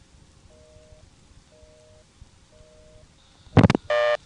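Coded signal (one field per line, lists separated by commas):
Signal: telephone call progress tone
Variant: North America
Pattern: busy tone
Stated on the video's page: ITT Pentaconta crossbar switch in Asheboro, North Carolina, recorded in summer 1986.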